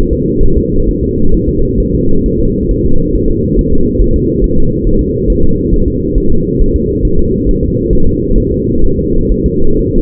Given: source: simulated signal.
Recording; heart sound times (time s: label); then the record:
fetal heart sounds
0.13 s: S2
0.43 s: S1
0.58 s: S2
0.89 s: S1
1.03 s: S2
1.34 s: S1
1.49 s: S2
1.80 s: S1
1.95 s: S2
2.26 s: S1
2.40 s: S2
2.71 s: S1
2.86 s: S2
3.16 s: S1
3.30 s: S2
3.59 s: S1
3.73 s: S2
4.02 s: S1
4.16 s: S2
4.44 s: S1
4.58 s: S2
4.87 s: S1
5.01 s: S2
5.30 s: S1
5.44 s: S2
5.74 s: S1
5.88 s: S2
6.18 s: S1
6.32 s: S2
6.61 s: S1
6.76 s: S2
7.05 s: S1
7.19 s: S2
7.49 s: S1
7.63 s: S2
7.93 s: S1
8.07 s: S2
8.38 s: S1
8.52 s: S2
8.84 s: S1
8.99 s: S2
9.32 s: S1
9.46 s: S2
9.79 s: S1
9.94 s: S2
From the record:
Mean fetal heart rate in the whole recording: 135 bpm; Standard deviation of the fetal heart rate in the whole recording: 3 bpm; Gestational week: 36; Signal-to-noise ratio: -19.1 dB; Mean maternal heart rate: 72 bpm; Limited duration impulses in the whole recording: present